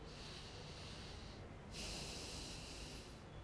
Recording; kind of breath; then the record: one breath in and out by a microphone near the nose and mouth; deep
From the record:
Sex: male